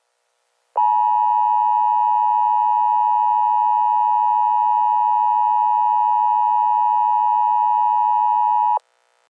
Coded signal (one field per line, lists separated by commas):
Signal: Emergency Alert System (SAME) tones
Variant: 853 and 960 Hz attention tone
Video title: EAS Emergency system (FURRY OFFICIAL)